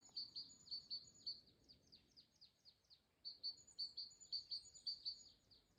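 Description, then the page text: Great tit repeating bright, high two-note phrases in quick succession, with some downward-slurred notes in the middle before the rapid even series resumes. Single singing male in breeding season, Strenči municipality, Latvia, 2 April 2025 at 15:16. "Great Tit, Parus major Observation time 02-Apr-2025 plkst. 15:16 Strenču novads Count 1 Status Singing male in breeding season"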